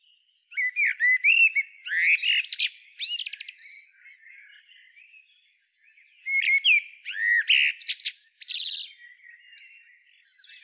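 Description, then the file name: Common blackbird song: two phrases of fluted, warbling whistles, each trailing off into high, thin twittering notes, with a quiet gap between. "Turdus merula"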